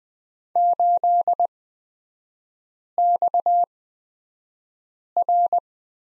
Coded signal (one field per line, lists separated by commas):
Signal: Morse code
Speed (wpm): 20 wpm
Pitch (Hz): 700 Hz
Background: none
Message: 8XR